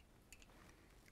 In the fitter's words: hook in real easily just pops right in i